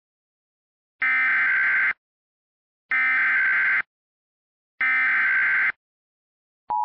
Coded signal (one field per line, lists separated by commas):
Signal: Emergency Alert System (SAME) tones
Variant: header bursts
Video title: EAS Scenario #11: Icy Trouble